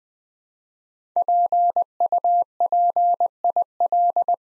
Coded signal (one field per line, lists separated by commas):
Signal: Morse code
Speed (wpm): 20 wpm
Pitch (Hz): 700 Hz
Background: none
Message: PUPIL